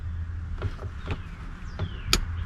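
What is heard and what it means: A plastic wiring harness connector inside the door of a 2008 Jeep Grand Cherokee 5.7L Hemi is pushed into its mating socket during reassembly after a sideview mirror replacement. Over a steady low hum with a few soft knocks and rubbing sounds, one sharp, bright click lands at 2.1 s. The connector seats with the click.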